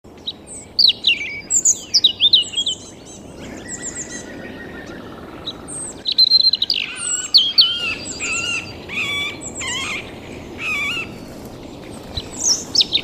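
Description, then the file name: European robin song: a long, dense stream of high, liquid warbles and thin sliding whistles with short pauses, continuing for over twelve seconds. "Erithacus rubecula"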